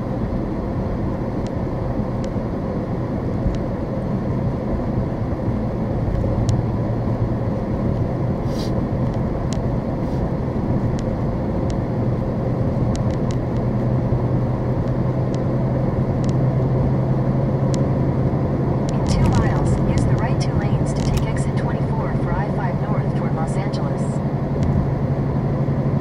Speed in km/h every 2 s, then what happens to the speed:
61, 61, 64, 66, 68, 68, 71, 77, 76, 79, 82, 82, 82.
0-20 speeds up to 82. 20-26 steady at about 82.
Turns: none.